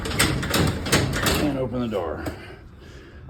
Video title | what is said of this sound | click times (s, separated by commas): How to Install a Garage Door Lock #maintenance #diy | the lock Clicks in place then | 0.5 s